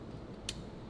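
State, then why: Seated. A small, cheap part of a bobbin assembly, fixed after it would not clip in, is pressed back into a sewing machine. One sharp click at 0.5 s marks it seating in place against a quiet background hum. No one talks during the clip.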